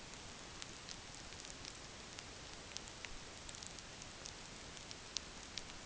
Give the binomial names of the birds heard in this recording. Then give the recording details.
none. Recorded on Arctic tundra, site NAIT-1, on 27 June 2019. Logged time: 20:00